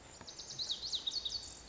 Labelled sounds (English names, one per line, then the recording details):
Lazuli Bunting
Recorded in Sonoma County, California